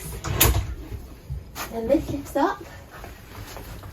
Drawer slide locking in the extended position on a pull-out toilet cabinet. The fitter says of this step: So push down the little yellow breaky things, pull it out till it clicks, then